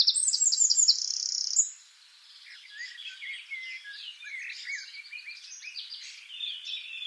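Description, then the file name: Eurasian wren song: a shrill, fast trill in the opening seconds. Softer chirps from other birds fill the background afterwards. "Troglodytes troglodytes"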